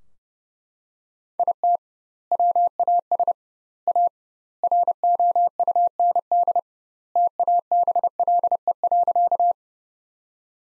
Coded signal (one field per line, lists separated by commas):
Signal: Morse code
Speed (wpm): 32 wpm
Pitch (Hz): 700 Hz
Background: none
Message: IT WAS A ROUND TABLE.